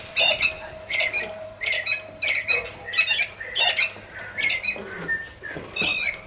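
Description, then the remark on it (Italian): Birds chirp and squawk in quick, repeated bursts, shrill and fairly loud, with short gaps between calls and a faint steady hum underneath. “Cinguetta ne basta, dai.”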